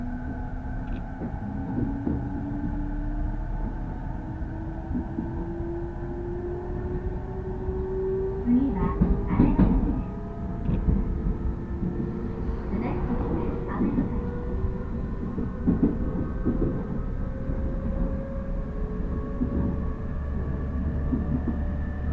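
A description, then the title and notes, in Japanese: A rapid train on the Uchibo Line rolls along with a steady low rumble and a drone that slowly rises in pitch as it gains speed. Clattering knocks from the wheels come through, with a cluster of sharper bumps and rattles around the middle. 鉄道旅 内房線快速 千葉→木更津。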